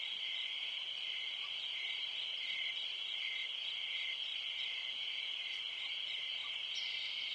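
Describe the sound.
High, steady cricket trill with a lower cricket voice pulsing in irregular bursts beneath it, and a brief higher chirp near the end.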